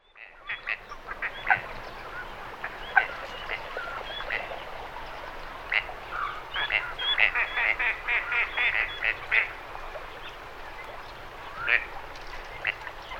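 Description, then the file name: Red-crested pochard calls, a loose series of short nasal notes, busiest in the middle of the stretch. "Netta rufina"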